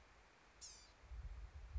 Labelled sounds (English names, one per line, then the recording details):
Blue-gray Gnatcatcher
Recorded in Sonoma County, California